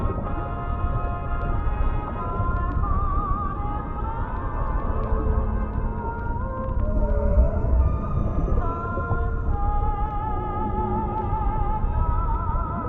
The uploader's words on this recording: Oldies music playing underwater in City.